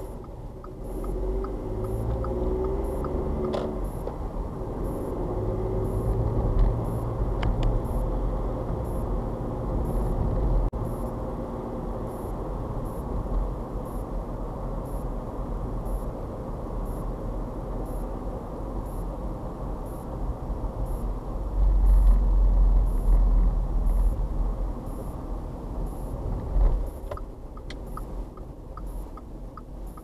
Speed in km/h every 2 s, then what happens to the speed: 21, 31, 35, 39, 42, 42, 40, 42, 42, 42, 40, 37, 32, 26, 29.
0-8 speeds up to 42. 8-18 steady at about 42. 18-25 slows to 26.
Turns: none.